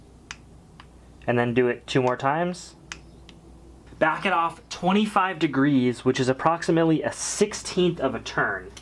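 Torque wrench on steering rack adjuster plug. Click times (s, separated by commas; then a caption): 0.3 s. A torque wrench set to 43 in-lb tightens the steel rack adjuster plug on a de-powered Miata steering rack and clicks sharply at 0.3 s, reaching its setting. Further short ticks follow at 0.8, 2.9 and 3.3 s while someone talks.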